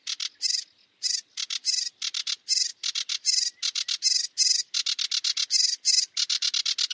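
Bird calling, rapid harsh buzzy high notes in quick bursts, repeated almost without pause over seven seconds, with no other clear sounds.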